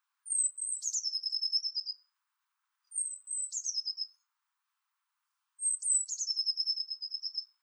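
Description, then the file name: Eurasian blue tit calling three times: each phrase a sharp high sliding note, a brief stutter, then a rapid steady trill lasting about a second, in otherwise quiet surroundings. "Cyanistes caeruleus"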